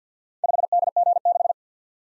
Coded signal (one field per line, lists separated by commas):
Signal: Morse code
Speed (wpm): 50 wpm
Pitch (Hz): 700 Hz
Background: none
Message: 5DG6